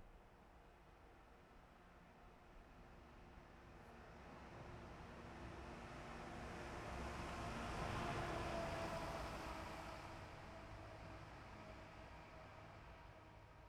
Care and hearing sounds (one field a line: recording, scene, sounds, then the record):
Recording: everyday scene through a hearing-aid microphone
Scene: in traffic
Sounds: traffic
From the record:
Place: bus stop on a city main road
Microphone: behind the ear, left, front